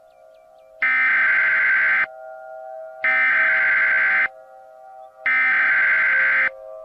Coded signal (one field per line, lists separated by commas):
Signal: Emergency Alert System (SAME) tones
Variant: header bursts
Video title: EAS Scenario - The Large Tornado Alley